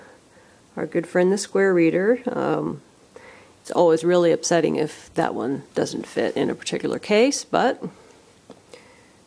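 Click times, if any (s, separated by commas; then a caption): none. Someone talks while handling a Square Reader card reader, bringing its 3.5 mm audio plug to the case cutout of a Verus Thor case on an iPhone 6 Plus, heading for the phone's headphone jack. Only speech and light handling are heard; the plug has not seated or clicked into the jack yet.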